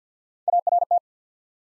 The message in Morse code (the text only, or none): A R T